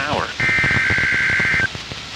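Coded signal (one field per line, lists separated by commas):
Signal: Emergency Alert System (SAME) tones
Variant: header bursts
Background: speech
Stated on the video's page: Required Weekly Test on NOAA weather radio transmitter WWF44.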